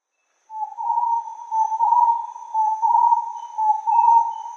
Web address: inkaterra asociacion org. Starred Wood Quail